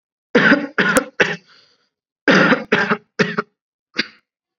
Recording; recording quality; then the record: heavy voluntary cough; excellent, no background noise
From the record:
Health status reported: COVID-19 positive, mild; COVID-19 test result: positive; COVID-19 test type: RT-PCR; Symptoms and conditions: cough, fever, fatigue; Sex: male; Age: 26 years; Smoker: no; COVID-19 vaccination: both doses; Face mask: worn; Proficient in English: yes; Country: India